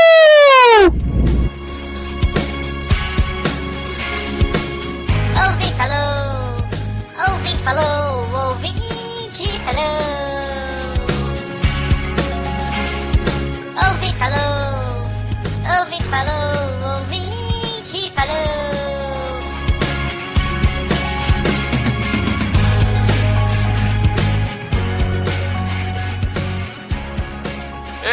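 A loud, busy musical jingle runs for almost half a minute, with warbling, sliding melodic tones over a heavy bass that pulses in regular blocks. It opens with a quick falling swoop, and no one speaks.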